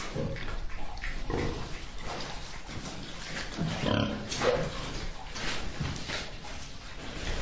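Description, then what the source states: Pig grunting in low rough bursts, irregular against constant background noise. Pigs in a pigpen.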